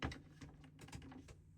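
A person pulls the small latches on a folding shelf's brackets towards themselves, releasing them at 0.0 s so the shelf can fold down. The release is a sharp click, followed by fainter clicks and rattles at 0.1, 0.4, 0.8, 0.9 and 1.1 s against a low, steady hum.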